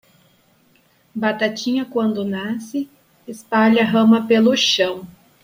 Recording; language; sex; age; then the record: short text; Brazilian Portuguese; female; 20 to 29 years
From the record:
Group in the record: control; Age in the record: 29 years